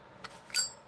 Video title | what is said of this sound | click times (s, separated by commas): Zippo Collection - Aug 26 Update | That's got a nice click. | 0.6 s